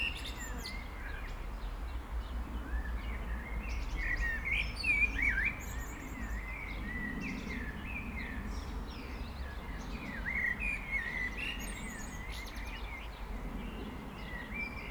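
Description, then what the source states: Eurasian blackbird song, a continuous run of mellow warbled phrases with thin high twitters, heard over constant low rumbling noise. Blackbirds heard at Serrières-en-Chautagne, France, on the way to the ViaRhôna.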